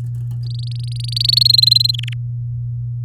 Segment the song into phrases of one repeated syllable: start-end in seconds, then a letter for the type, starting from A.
0.43-1.26 A, 1.28-1.91 B, 1.93-2.13 C